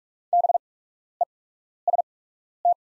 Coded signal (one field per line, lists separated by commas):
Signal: Morse code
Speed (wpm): 44 wpm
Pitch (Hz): 700 Hz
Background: none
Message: BEST